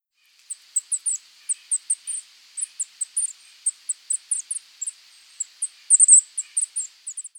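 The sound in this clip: Golden-crowned kinglet calls: very high, thin, sibilant notes in rapid irregular series, some doubled or tripled.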